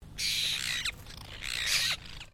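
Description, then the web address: Apostlebird giving two harsh, grating rasps, each under a second long, with a short pause between them; a faint low hum runs underneath throughout. "Sound Effects-Foundation. BIRD APOSTLE BIRD CALL"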